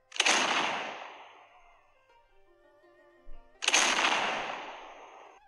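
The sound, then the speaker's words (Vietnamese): Two heavy booms of distant cannon fire, a few seconds apart, each a sudden loud blast rolling off into a long fading rumble, with a faint ringing tone lingering in between. “Nơi xa vang lên tiếng pháo ầm ầm, cắt đứt lời của hắn.”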